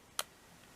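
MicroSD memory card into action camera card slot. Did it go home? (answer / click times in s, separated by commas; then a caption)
no / none. A microSD memory card is pushed into an action camera's card slot with a thin metal tool, a pair of scissors. A single brief, sharp, bright tick sounds at about 0.2 s against quiet background hiss. The card has not clicked or seated in the slot yet.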